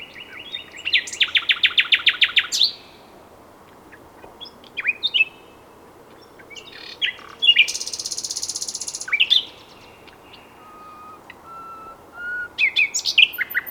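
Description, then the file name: Common nightingale song: a loud rapid rattle, varied whistles and clicks, a sustained harsh buzz, and soft low piping notes before a final chattering phrase. "Luscinia megarhynchos"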